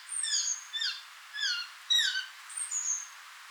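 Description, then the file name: Eurasian jay giving bright, downward-sliding harmonic calls in short irregular bursts, ending with a high thin note. "Garrulus glandarius"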